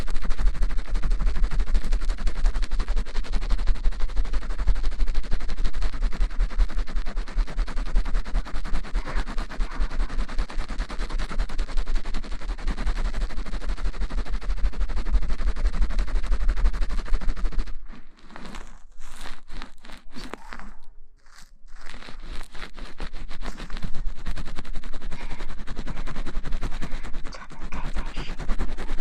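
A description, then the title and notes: Scratching and rubbing of fingers through lathered hair, a dense, crackly rustle that runs almost without pause. Around the eighteen- to twenty-two-second mark the rubbing breaks off in short stops and starts, then resumes. A low steady hum sits underneath. ASMR洗头助眠 发廊的姐姐shampoo wash hair 耳边轻语 角色扮演 中文剧情 泡沫触发音 头部按摩抓头皮.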